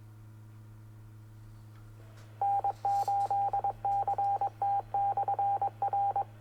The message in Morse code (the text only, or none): N8CT/R